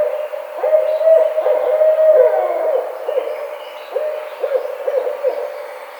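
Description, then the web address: Barred owl giving a series of hoots, some slurring downward, the later ones quieter. 2009-05-04. "sounds birds Barred Owl 2009 05 04 Barred Owl"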